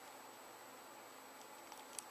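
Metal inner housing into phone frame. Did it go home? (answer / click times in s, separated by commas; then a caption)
yes / 2.0 s. A metal inner housing is fitted into a Blackberry 9650 phone frame with its two tabs toward the left side of the phone and pressed down over a quiet, steady background with faint rustling. It snaps into place with a sharp, short click at 2.0 s, and the housing is seated.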